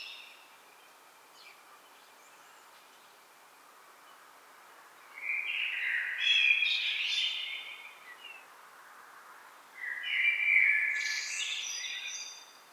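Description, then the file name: Common blackbird song: after several quiet seconds, two loud mellow warbled phrases about five seconds apart, each closing with a high squeaky twitter. "Turdus merula"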